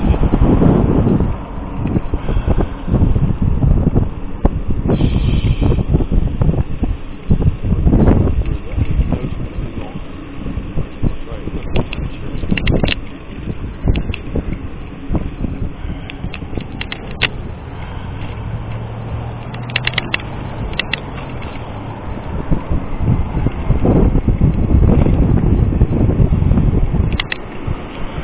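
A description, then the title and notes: A bicycle ride along a road, with steady, heavy wind buffeting the microphone throughout, loud low rumbling gusts that swell and ease every few seconds. Brief clicks and rattles break through now and then, and a low engine hum passes around twenty seconds. Riding north on SW Terwilliger from Primrose to (almost) Barbur.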